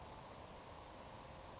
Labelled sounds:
Savannah Sparrow
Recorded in Sonoma County, California

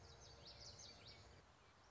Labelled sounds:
Common Yellowthroat
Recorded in Sonoma County, California

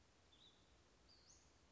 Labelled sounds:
Western Flycatcher
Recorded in Sonoma County, California

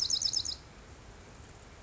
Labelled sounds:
Bewick's Wren
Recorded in Sonoma County, California

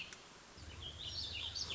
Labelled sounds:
Warbling Vireo
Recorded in Sonoma County, California

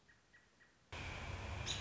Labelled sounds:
American Robin
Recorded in Sonoma County, California

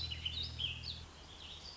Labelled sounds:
Warbling Vireo
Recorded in Sonoma County, California

